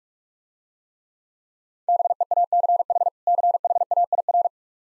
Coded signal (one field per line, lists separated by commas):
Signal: Morse code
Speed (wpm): 45 wpm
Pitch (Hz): 700 Hz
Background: none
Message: BEACH CHAIR